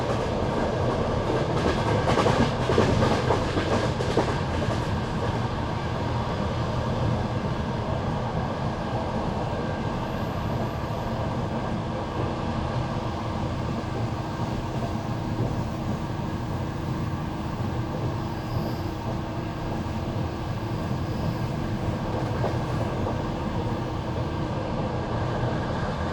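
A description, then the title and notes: An old night train rolls on with a steady, dense rumble that stays level for the whole stretch. A few sharper knocks and rattles stand out in the first few seconds, and faint high squeals drift in now and then later on. You are going to the Carpathian Mountains by an old night train.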